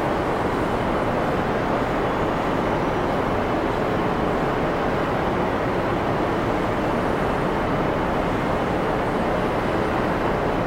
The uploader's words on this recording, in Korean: 깊은 잠을 위한 우주 셔틀 환경음.